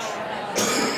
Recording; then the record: coughing mixed with background sound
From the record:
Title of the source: Spring Cold Coughing 3